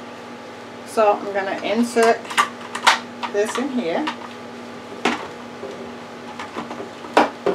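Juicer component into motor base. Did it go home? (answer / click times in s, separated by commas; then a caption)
yes / 7.2 s. Someone talks while a plastic part of a Black + Decker juicer is inserted into the motor base and turned, with light plastic knocks and handling sounds along the way. A sharp click at 7.2 s marks the part locking into place, and it is seated.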